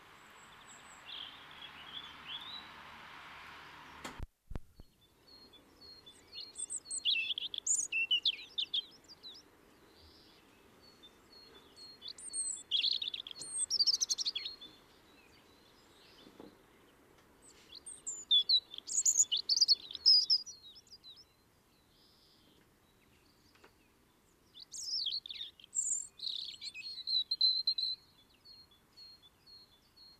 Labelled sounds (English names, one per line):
European Robin song